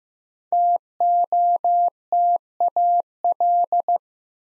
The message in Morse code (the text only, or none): TOTAL